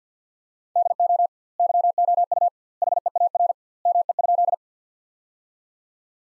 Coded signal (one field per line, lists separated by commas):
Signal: Morse code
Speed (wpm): 50 wpm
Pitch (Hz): 700 Hz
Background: none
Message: DO YOU HEAR ME?